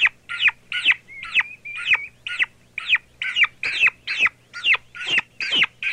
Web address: Turkey Chicks